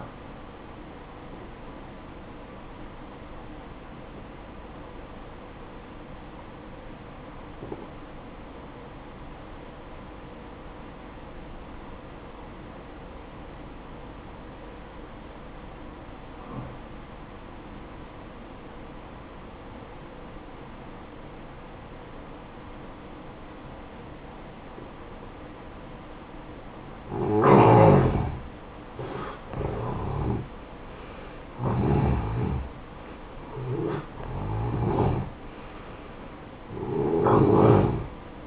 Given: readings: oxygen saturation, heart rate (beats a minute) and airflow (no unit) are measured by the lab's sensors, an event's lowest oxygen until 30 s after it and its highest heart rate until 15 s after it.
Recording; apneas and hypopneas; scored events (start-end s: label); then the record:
breathing in sleep by a voice recorder at the bedside; 1
4.00-28.80 s: obstructive apnea (N1, oxygen 93% highest, then 87% lowest, heart rate 62 at the start, 71 highest)
From the record:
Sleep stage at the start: N1 (lightest sleep); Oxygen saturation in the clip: 86 to 93%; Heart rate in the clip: 57 to 71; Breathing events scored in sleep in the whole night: 573 in 9.8 hours asleep